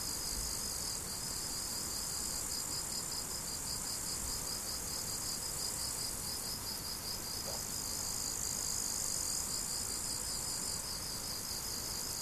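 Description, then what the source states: Cricket chirping in a steady pulsed rhythm, about two to three chirps per second, with a constant high insect hiss above and faint background rumble. Crickets recorded 17 July 2012 with an MZ-N710 recorder.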